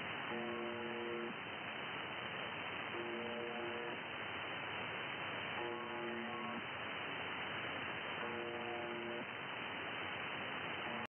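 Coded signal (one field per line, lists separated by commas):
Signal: channel marker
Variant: UVB-76 (The Buzzer)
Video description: First attempts on picking up the buzzer seem to work well.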